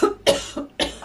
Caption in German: Ich habe was im Hals. Ich habe versucht, ganz leise zu husten.